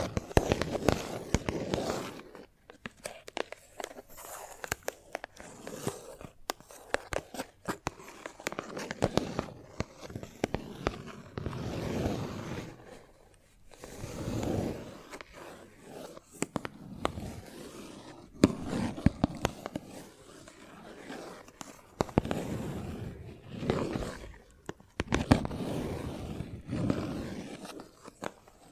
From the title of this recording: Chalk Sounds Tapping, Scratching, Carving etc